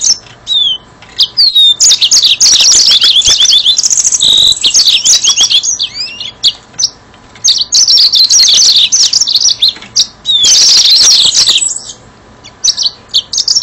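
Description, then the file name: Yellow-fronted canary giving a long, dense high song of fast chirps, trills and sweeping whistles, with a few brief lulls. "mozambik"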